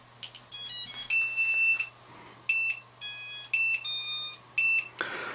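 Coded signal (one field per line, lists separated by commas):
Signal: beep code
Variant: lost model beeper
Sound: shrill high beeps: one long beep, then several shorter beeps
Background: small room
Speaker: that was one long beep and free short beeps which means that is over four volts so that's nicely charging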